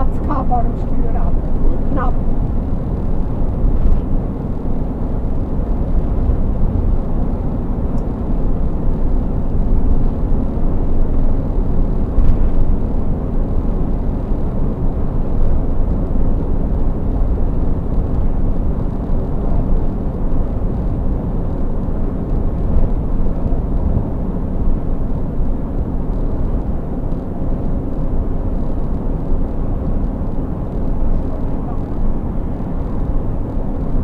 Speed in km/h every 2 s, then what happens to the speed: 94, 94, 94, 96, 96, 100, 100, 100, 100, 98, 98, 98, 98, 96, 98, 98, 98.
0-10 speeds up to 100. 10-34 steady at about 98.